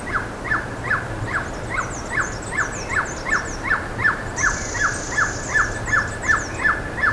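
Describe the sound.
Bird calls, each a short falling note given steadily about two to three times a second, with faint high chirps and a thin whistle in the background.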